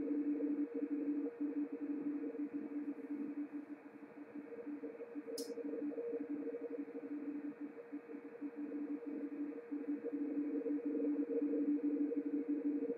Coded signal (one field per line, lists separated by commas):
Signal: RTTY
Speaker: sound you hear in the background is actually the radio teletype signal